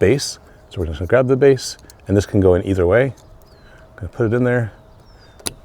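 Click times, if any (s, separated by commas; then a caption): 5.5 s. A new wedge LED backup bulb for a Mazda 3, held by its base, is pushed into the plastic backup light socket while someone talks. After a pause, a single sharp click at 5.5 s marks the bulb seating fully in the socket.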